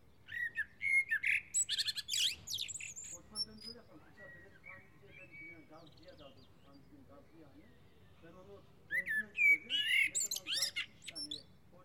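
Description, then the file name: Common blackbird song: a warbled, whistled phrase ending in a high squeaky twitter, then a quieter gap with faint background calls, then a second phrase. "Turdus merula"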